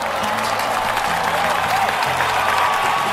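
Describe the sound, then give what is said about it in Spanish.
A large crowd in a bullring cheers and applauds after the bull is killed, shouting for the bullfighter to be awarded the bull's ears or tail: a dense, steady roar of clapping and shouting with scattered whistles and sustained voices rising above it throughout. “La multitud pide a gritos que le corten las orejas o el rabo para premiar al muy valiente torero.”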